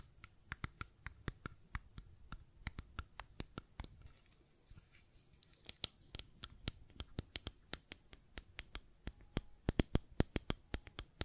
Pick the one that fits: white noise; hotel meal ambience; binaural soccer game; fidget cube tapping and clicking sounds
fidget cube tapping and clicking sounds